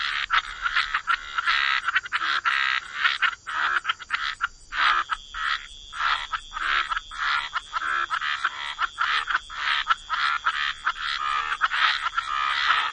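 Frog chorus of harsh, irregular, overlapping croaking bursts, with short quieter gaps and a steady high background tone.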